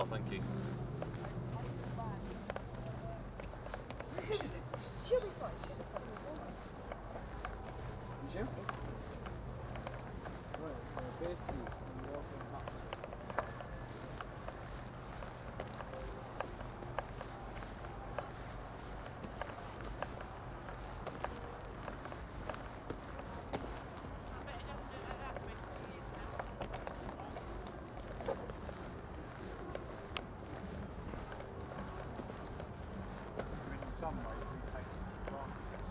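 A night walk at Glastonbury from the big GLASTONBURY sign by the Park Stage back to a tent. Murmuring crowd voices run throughout, with a low steady hum underneath and frequent sharp clicks and footstep-like ticks scattered across the whole walk.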